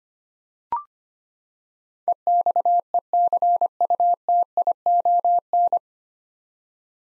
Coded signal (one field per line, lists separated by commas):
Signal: Morse code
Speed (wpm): 25 wpm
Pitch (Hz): 700 Hz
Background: none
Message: EXECUTION